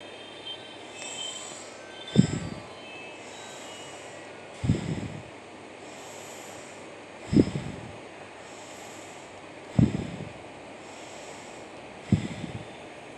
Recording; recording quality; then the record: deep breathing; excellent, no background noise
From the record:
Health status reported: recovered from COVID-19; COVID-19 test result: negative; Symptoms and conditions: none ticked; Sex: female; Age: 57 years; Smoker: not ticked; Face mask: not worn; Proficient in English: yes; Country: India